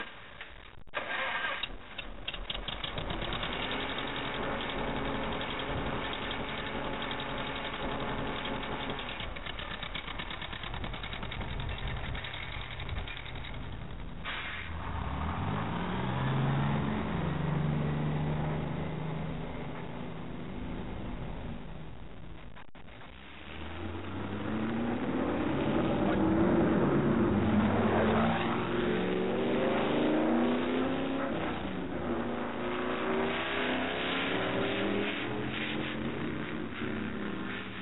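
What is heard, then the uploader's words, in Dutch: Engines run throughout, a steady low drone with rising and falling whine as a vehicle revs and shifts. A brief break near 14 seconds and a dip around 23 seconds separate passages, with the loudest, most strained engine noise in the final third. Tractor, Bus, Auto.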